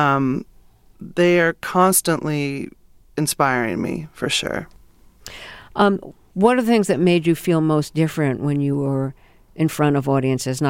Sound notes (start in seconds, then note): none